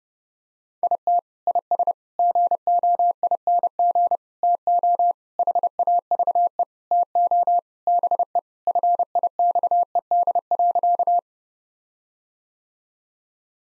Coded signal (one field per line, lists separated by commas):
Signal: Morse code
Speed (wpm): 30 wpm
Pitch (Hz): 700 Hz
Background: none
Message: IT IS GOING TO HAVE TO BE FIXED.